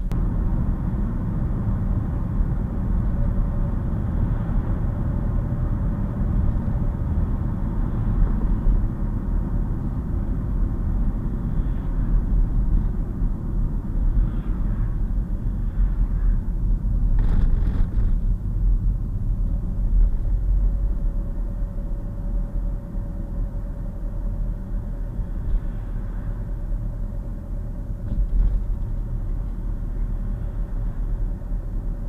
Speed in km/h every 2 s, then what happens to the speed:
81, 84, 82, 76, 69, 60, 48, 42, 39, 39, 39, 39, 37, 35, 37, 37.
0-5 steady at about 82. 5-16 brakes to 39. 16-32 steady at about 37.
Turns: none.